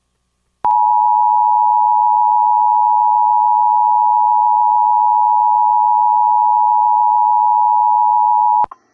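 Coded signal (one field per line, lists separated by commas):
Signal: Emergency Alert System (SAME) tones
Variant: 853 and 960 Hz attention tone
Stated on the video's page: Mock recreation of a NOAA Weather Radio Required Weekly Test on a weather radio transmitter for the Corpus Christi forecast office, with a text-to-speech voice.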